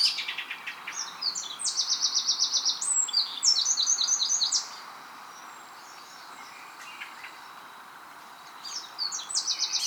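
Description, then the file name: Eurasian wren song: a burst of fast, shrill trills and warbled phrases lasting about four and a half seconds, then a long quiet gap, then another rapid trilling burst begins. "Troglodytes troglodytes"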